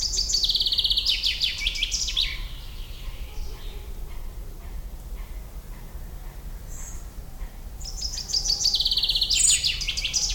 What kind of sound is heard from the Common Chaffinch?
song